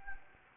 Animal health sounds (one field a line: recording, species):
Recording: mosquito wingbeat signal from an infrared sensor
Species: Anopheles gambiae